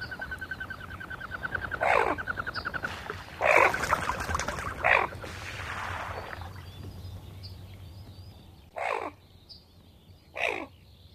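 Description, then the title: Common Goldeneye calls: several rough, buzzy bursts at irregular intervals, over low steady background noise. "Viikon luontoääni: Telkkä"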